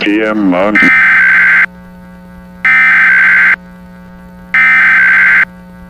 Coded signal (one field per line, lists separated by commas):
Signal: Emergency Alert System (SAME) tones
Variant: header bursts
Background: speech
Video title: EAS Scenario:2000 Utah Derocho